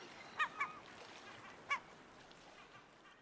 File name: Canto do ostraceiro africano